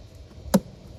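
A tool pushes the tight red plastic locking clip down on a headlight harness connector during a 4th Gen and Classic Ram LED halo HID headlight install. A single short, sharp click at 0.5 s rises well above the quiet background, and the clip snaps down and is seated.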